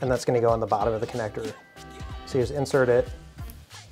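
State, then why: Seated. A crimped pin terminal on a temperature sensor wire is pushed, locating tang down, into the back of a sealed plastic sensor connector while someone talks. Music plays throughout. A short, sharp click at 3.5 s marks the terminal seating in the connector.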